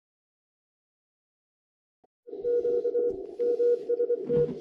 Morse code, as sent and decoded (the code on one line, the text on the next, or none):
--.- / -- ... -
Q MST